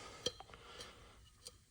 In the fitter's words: push it all the way down, and rotate it until it snaps over that, and that's all there is to it.